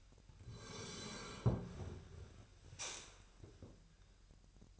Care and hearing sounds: daily activity, microphone in the room; sit down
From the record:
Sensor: 2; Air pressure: 1001.8 hPa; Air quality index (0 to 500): 236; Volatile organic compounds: 67 ppm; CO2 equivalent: 3493 ppm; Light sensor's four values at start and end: 6/15/6/7 and 8/19/8/8

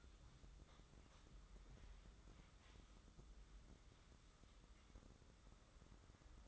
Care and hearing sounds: daily activity, microphone in the room; wipe stove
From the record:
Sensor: 3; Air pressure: 996.0 hPa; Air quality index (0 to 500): 93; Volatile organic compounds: 11 ppm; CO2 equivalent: 2302 ppm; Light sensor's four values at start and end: 25/79/33/28 and 25/79/33/28

